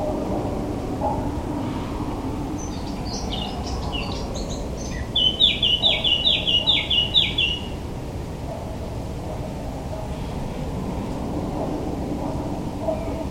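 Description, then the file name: Eurasian blackcap song: quiet twittering builds into a short series of several clear, ringing whistled notes, followed by background rumble and hiss only. "Sylvia atricapilla"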